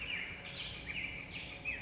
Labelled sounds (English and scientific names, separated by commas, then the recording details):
Black-headed Grosbeak (Pheucticus melanocephalus)
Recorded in Sonoma County, California